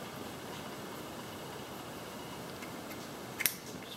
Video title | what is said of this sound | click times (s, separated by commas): How-To Disassemble, Service, and Re-Time the Yamaha 5KM-4616A-02-00 4x4 Servo Motor | next thing you stick this back on just pop into place | 3.5 s